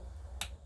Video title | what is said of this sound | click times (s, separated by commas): How to assemble an ETA 2824 movement from Oris Dive Watch - Part 1 | Then you hear the snap? Yeah, the little click. | 0.4 s